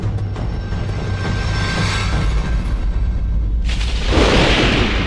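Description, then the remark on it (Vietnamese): A steady low rumble builds, then a loud lightning strike cracks into a harsh, roaring thunderclap that sustains for over a second. No one speaks. “Bỗng một tia sét chói lòa giáng thẳng xuống.”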